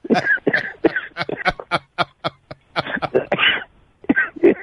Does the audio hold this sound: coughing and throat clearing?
yes